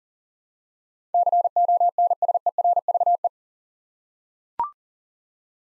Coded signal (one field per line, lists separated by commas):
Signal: Morse code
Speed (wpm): 40 wpm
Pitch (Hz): 700 Hz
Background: none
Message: CONSERVE